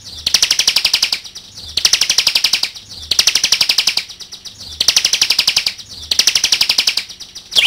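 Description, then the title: Bar-winged prinia song: high, rapid buzzy trills about a second long, repeated in bursts separated by short pauses. Ciblek labelled 'jatra'. "audio ciblek jatra omkicau. Kicau Ciblek"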